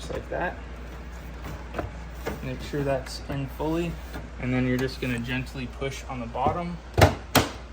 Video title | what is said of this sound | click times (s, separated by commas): I Installed The Cheapest Ductless Mini Split Air Conditioner On Amazon In ONE DAY | and as you can see, they just snap into place, | 7.4 s